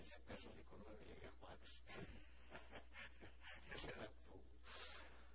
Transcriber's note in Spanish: risas